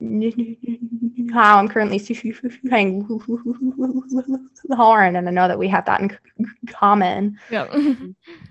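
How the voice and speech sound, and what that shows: A 16-year-old girl who has stuttered since age 2 speaks a short sentence broken by rapid runs of quick, repeated voiced bursts, stretched sounds and a long silent pause before a word. These are stuttering disfluencies: repetitions, prolongations and a block. Her stutter is currently mainly repetitions, after a phase of tense blocks. She has had speech therapy with an acceptance-based approach.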